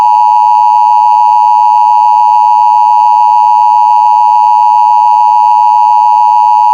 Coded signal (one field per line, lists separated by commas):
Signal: Emergency Alert System (SAME) tones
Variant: 853 and 960 Hz attention tone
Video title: IITPP Eas - Blackhole